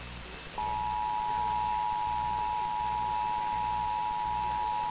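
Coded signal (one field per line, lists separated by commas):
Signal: Emergency Alert System (SAME) tones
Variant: 853 and 960 Hz attention tone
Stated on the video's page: A week of EAS tests.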